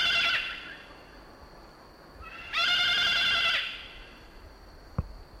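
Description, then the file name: Salmon-crested cockatoo giving loud harsh screeching calls, one brief and one longer blast about a second long, with a steady high tone between and a knock near the end. "Cacatuamoluccensis"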